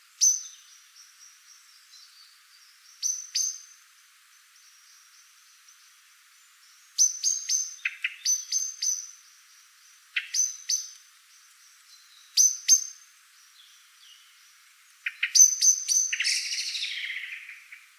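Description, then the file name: Eurasian blackbird repeating hard chink notes in short clusters over a quiet background, ending in a louder rushing, noisy burst. "Turdus merula"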